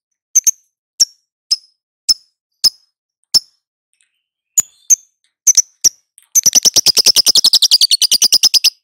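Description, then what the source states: Lovebird song: a series of crisp high chirps, then a long, loud, rapid rattling trill to the end. Lovebird, ngekek panjang (long trill) song style, with ngetik (ticking chirps).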